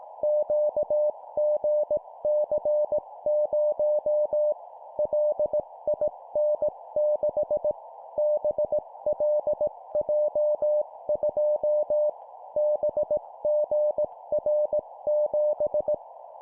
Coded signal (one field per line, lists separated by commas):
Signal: Morse code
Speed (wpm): 18 wpm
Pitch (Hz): 600 Hz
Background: none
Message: QGC0 LIN6 BLJ2 BGR7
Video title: 17wpm Four letter words letter,letter,letter,number, morse code course